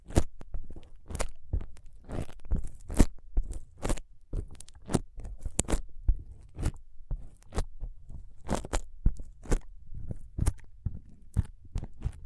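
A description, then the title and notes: Foam being squeezed and rubbed produces a steady run of sharp crunchy, crackling bursts, roughly two or three per second, some louder and brighter than others. Between the bursts sits a soft low rumble and faint scraping, with no pauses across the twelve seconds. ASMR Powerful Foam Brain Massage.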